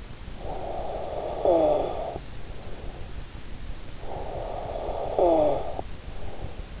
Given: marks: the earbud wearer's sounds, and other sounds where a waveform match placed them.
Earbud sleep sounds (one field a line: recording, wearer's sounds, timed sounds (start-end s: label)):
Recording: sounds in sleep by an in-ear microphone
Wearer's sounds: snoring breath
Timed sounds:
0.11-3.26 s: snoring breath
3.94-6.80 s: snoring breath